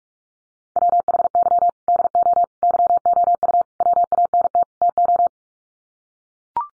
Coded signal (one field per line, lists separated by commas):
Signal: Morse code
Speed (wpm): 44 wpm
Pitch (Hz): 700 Hz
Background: none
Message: WHY DO YOU WANT TO